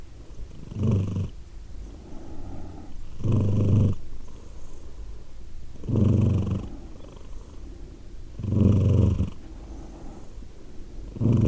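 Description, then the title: Domestic cat purring, a low rumbling purr swelling into louder bursts every few seconds, with quieter breathy purring between them. Cat named Edith, purring, Glasgow, Scotland, December 2023. "Edith purring, Glasgow, Scotland in December 2023 – by Steve Urquhart"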